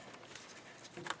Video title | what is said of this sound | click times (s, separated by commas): Chevy Colorado This Defective Part Could Ruin Your Engine! VVT, Camshaft Position Actuator Solenoid | and position that in like that and it snaps in place like that right | 1.1 s